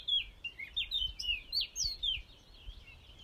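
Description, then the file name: Eurasian blackcap song, clear whistled and warbled notes delivered quickly, then fading into softer twitters in the last second. "Sylvia atricapilla"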